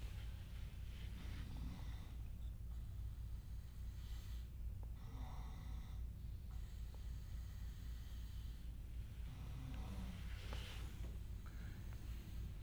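Snoring from an adult in a room during a guided meditation session, with irregular, low-pitched snorting breath sounds.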